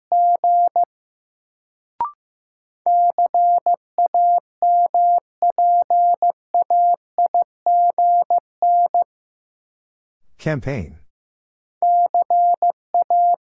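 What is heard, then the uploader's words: A steady mid-pitched tone keys out Morse code in short dots and longer dashes, sent in groups with brief gaps. Near two seconds a sharp click cuts in, and around ten seconds a short burst of speech interrupts before the beeping resumes near the end. First, the word is sent in Morse code. Then it is spoken.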